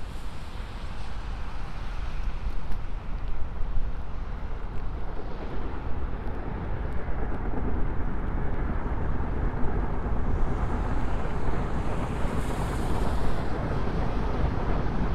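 A binaural recording made on the way from the Queens Museum to Harlem by MTA transit: a steady, dense roar and rumble, heaviest in the low end, like a train or vehicle in motion. The level holds even throughout, with faint brighter hiss entering near the end.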